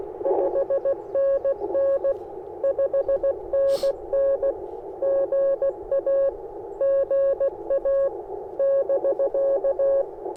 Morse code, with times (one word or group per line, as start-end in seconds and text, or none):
0.3-2.1 5NN
2.6-4.5 5NN
5.0-6.3 GA
6.8-8.1 GA
8.6-10.0 <BK>